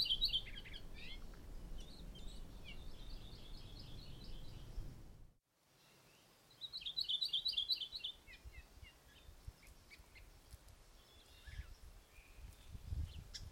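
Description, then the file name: Maui parrotbill uttering quick high chattering trills, with scattered single notes between phrases and a brief dropout partway through. "Maui Parrotbill Pseudonestor xanthophrys"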